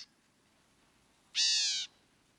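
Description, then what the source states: Black-capped Gnatcatcher call: a single harsh, buzzy mewing note lasting about half a second. Ranges from mesquite thickets of southeastern Arizona to dry tropical forests of Colima, western Mexico; population declining due to habitat loss.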